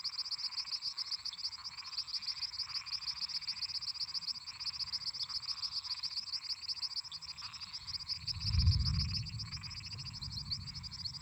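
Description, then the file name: Croaking toads in chorus under dense, rapid high insect pulsing; a brief low rumble swells near the end. Toads singing at night together with crickets and cicadas. "Grilos cigarras e sapos cantando a noite"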